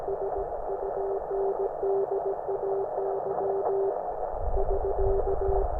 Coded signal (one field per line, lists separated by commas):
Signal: Morse code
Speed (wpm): 17 wpm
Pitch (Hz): 390 Hz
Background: none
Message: SUNDAY <SK>